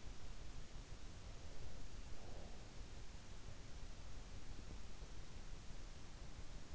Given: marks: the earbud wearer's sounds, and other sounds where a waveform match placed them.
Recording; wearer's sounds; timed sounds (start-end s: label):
sounds in sleep by an in-ear microphone; breath
1.31-3.05 s: breath